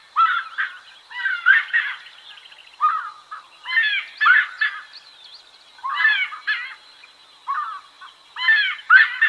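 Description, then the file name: Giant wood rail calling in loud, harsh, cackling phrases of rapid notes, given in bursts with short pauses. "Canto do saracuracu"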